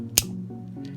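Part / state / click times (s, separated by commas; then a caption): blade lever lock on folding knife / seated / 0.2 s. The large steel blade of a vintage Victorinox Hercules Swiss Army knife with a lever lock is moved and locks into place with a single sharp click at 0.2 s. A steady low hum runs underneath, and a much fainter tick follows near 0.9 s. The blade is locked.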